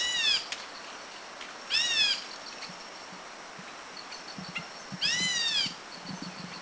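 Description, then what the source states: Philippine bulbul uttering three grating, harmonic calls, each under a second, spaced irregularly, with soft low thuds and a faint high ticking in the background. Recorded at Kitanglad, Philippines, in 2010.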